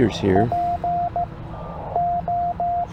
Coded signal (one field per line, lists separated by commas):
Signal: Morse code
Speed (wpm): 14 wpm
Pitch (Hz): 700 Hz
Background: speech, radio noise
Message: PO